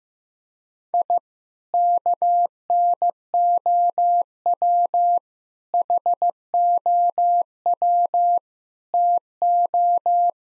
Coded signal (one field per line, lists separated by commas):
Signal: Morse code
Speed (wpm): 15 wpm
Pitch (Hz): 700 Hz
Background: none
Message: I KNOW HOW TO